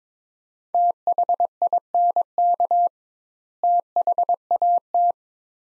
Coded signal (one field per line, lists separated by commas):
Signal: Morse code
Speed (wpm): 22 wpm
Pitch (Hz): 700 Hz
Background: none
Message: THINK THAT